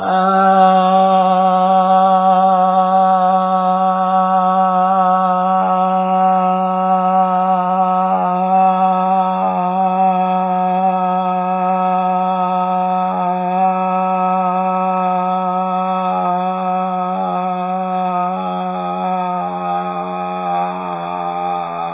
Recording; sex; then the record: sustained vowel /a/; male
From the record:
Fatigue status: fatigue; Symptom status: symptomatic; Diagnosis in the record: COVID-19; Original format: 3gp